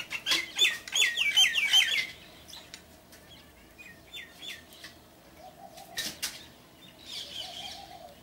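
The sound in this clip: Myna calls: a quick string of loud, slurred whistles and squawks at the start, then fainter repeated whistled notes and scattered clicks.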